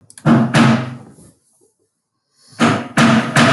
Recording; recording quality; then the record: deep breathing; poor, much background noise or distortion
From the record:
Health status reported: healthy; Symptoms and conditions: cough, cold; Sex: female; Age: 25 years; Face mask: not worn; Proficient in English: yes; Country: India